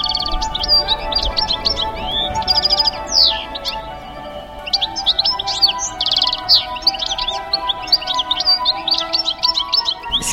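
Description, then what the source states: European goldfinch song, bright quick twittering phrases jumping between high and lower notes, pausing briefly midway before resuming, over a steady low hum. Song described as bright and lively, not a slow melody, rising to high notes and dropping to low ones, powerful and fast for such a small bird.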